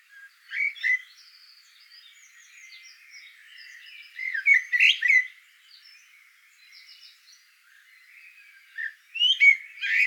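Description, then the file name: Eurasian blackbird song: a few loud phrases about four seconds apart, with faint softer notes between. "solsort volker arnold"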